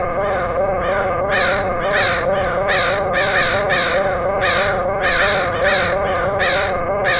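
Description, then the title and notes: Harsh crow caws, loud and fainter, in a busy, irregular sequence over a constant low hum. Crows recorded in Portland, Oregon, August 2003. "Dronecast: Crows of Portland. Crows recorded by Dan Bodah in Portland, OR, August 2003"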